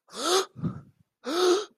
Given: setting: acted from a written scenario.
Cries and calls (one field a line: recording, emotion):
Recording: vocal sound without words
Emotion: awe